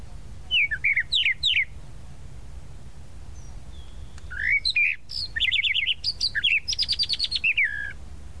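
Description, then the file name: Tropical mockingbird singing varied phrases, including rapid trills and repeated chirps, with a brief pause mid-way. "Canto-do-Sabiá-da-Praia"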